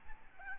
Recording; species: mosquito wingbeat signal from an infrared sensor; Aedes albopictus